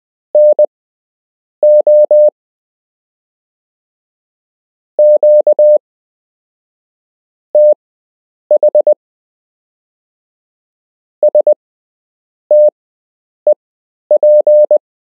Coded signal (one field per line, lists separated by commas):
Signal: Morse code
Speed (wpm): 20 wpm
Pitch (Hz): 600 Hz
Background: none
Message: NO QTH STEP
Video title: You can learn Morse code - Part 3